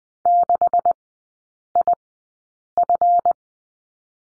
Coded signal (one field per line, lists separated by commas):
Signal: Morse code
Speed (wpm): 20 wpm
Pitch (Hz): 700 Hz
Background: none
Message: 6IF